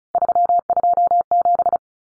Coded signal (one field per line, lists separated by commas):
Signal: Morse code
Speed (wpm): 34 wpm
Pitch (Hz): 700 Hz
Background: none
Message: 327